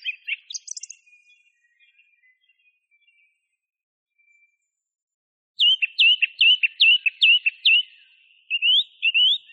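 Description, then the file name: Song thrush song: a brief varied phrase, a long gap, then a series of loud, sharply rising and falling whistled notes repeated several times. Masteran recording, used for training songbirds. "suara masteran songthrush"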